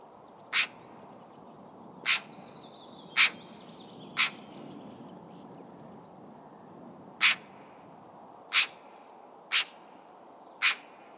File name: Pica pica